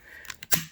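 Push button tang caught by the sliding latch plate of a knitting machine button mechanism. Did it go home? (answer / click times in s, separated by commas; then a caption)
yes / 0.3 s, 0.4 s. A selector button on a Superba/White/Singer knitting machine is pressed down slowly until the sliding metal latch plate slips back and catches the button's tang, locking it in place. Short clicks sound at 0.3 s and 0.4 s, followed by a louder, fuller knock at about 0.5 s that fades out. The button seats and latches down under the plate.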